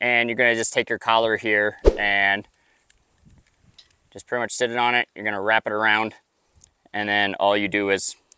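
An Aorkuler GPS tracker's elastic band is placed on a dog collar and wrapped around it, ready for its plastic clasp to be clicked closed. Someone talks, with a few faint handling taps during the pauses. The clip ends before the clasp clicks, so nothing has seated or clicked yet.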